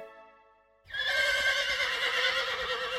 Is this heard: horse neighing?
yes